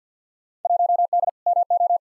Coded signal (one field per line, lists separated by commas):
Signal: Morse code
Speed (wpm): 50 wpm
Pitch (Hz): 700 Hz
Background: none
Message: 1D MO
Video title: Field Day Exchange v2 - 50wpm